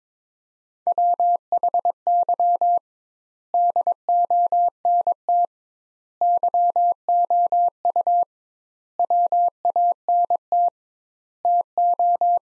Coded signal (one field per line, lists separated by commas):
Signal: Morse code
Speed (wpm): 21 wpm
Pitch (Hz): 700 Hz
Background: none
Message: WHY DONT YOU WANT TO